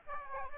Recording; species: mosquito wingbeat signal from an infrared sensor; Aedes aegypti